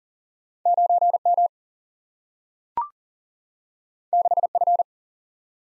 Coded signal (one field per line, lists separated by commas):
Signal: Morse code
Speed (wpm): 40 wpm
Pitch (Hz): 700 Hz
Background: none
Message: 9M 6F